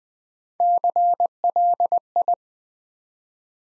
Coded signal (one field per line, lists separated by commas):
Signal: Morse code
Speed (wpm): 20 wpm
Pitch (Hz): 700 Hz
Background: none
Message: CLI